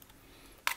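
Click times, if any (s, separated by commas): 0.7 s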